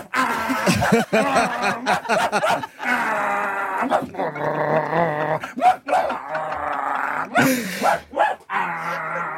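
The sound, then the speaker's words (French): A man imitates a dog with a long run of barks, yelps and growly whines, some short and choppy, others drawn out and pitched, loud and continuous with brief pauses between bursts. “Donc, j'ai opté pour une autre fin, une série d'aboiements à la fois d'alerte et conclusif qui permettra un vaste champ d'interprétation.”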